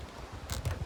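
Two matching halves of a zipline component are handled and fitted along the same groove before being pressed to snap together. Low rumbling, breezy noise runs throughout, with short scraping, broadband bursts of handling at about 0.5 s and again around 0.65–0.7 s. The clip ends before the halves snap together; nothing has seated yet.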